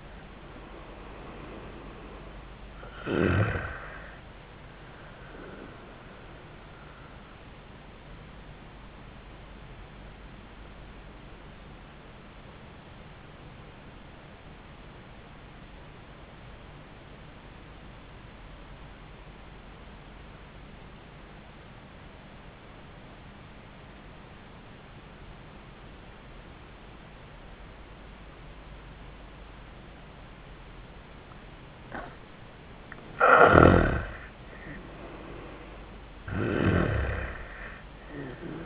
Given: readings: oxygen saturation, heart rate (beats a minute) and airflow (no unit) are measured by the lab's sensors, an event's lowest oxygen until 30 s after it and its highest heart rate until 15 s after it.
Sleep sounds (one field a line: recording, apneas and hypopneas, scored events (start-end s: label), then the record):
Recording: breathing in sleep by a voice recorder at the bedside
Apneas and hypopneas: 1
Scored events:
14.00-32.90 s: obstructive apnea (N1, oxygen 97% highest, then 84% lowest, heart rate 82 at the start, 90 highest)
From the record:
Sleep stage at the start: N1 (lightest sleep)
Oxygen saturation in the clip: 84 to 97%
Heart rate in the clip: 79 to 89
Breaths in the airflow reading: 5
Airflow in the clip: -18.0 to 13.9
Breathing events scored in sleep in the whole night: 400 in 8.7 hours asleep